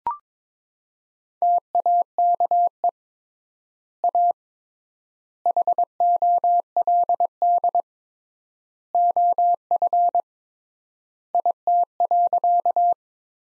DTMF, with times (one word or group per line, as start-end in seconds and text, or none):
none